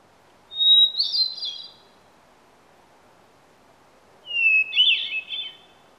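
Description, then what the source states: Bird calls: two short bursts of high chirping, each starting with a clean whistled note then breaking into buzzy twittering, separated by over two seconds of quiet with a low background hiss. Many different bird sounds.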